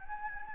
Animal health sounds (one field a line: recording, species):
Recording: mosquito wingbeat signal from an infrared sensor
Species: Anopheles gambiae